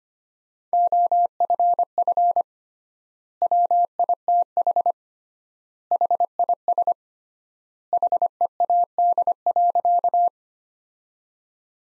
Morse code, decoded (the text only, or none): OFF WITH HIS HEAD.